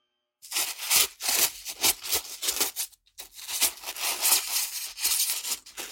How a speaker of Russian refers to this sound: Или, например, почти все люди не выносят звук пенопласта. А я всегда этому удивляюсь, потому что у меня он никаких неприятных чувств не вызывает. Сейчас проверим. Внимание. Возможен неприятный звук.